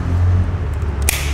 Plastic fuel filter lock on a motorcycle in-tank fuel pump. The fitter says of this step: ये लग गया, कट देना आवाज़ आ गई, तो